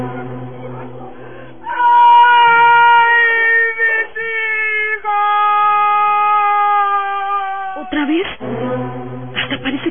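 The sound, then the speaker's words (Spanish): An eerie woman's wailing cry, the cry of La Llorona repeated again and heard very close, one loud drawn-out note that holds for several seconds and slowly sinks in pitch, with indistinct voices and rustling before and after it. “Es que cuentan que cuando la llorona repite su llanto y se escucha cerca, es porque se va a llevar a alguien.”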